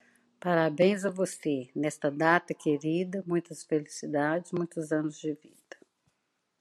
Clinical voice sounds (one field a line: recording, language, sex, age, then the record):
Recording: short text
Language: Brazilian Portuguese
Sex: female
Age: 60 to 69 years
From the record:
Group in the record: control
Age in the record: 63 years